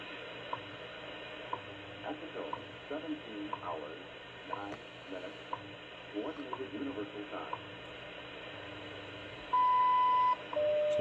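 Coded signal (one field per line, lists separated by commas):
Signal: radio time signal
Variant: WWV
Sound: faint voice through static, then a long 1 kHz beep, then a steady lower tone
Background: radio static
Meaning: The long 1 kHz tone marks the start of a minute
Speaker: wwv coming out of the sdr play rspdx [Music] it's a pretty good signal from wwv in colorado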